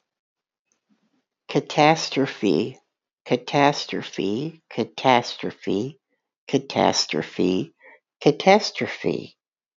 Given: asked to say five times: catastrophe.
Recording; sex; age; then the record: repeated word; female; 60 to 69 years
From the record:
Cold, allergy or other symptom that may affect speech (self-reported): no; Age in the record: 62 years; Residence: Texas, United States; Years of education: 12